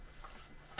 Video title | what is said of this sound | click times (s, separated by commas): Grabber Trap Assembly Replacement. Melco Amaya. XT. XTS. EMT16x. Bravo. Bernina E16 | gonna place it back on the machine and let it snap into place. | 0.8 s